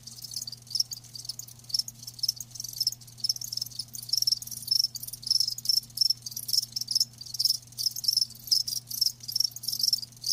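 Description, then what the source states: Crickets chirping, a thin high note repeated in quick pulses, with a faint low hum. Live crickets chirping, a lulling song.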